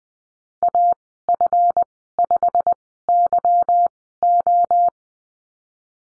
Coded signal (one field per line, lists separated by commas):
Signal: Morse code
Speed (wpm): 19 wpm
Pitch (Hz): 700 Hz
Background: none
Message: AF5YO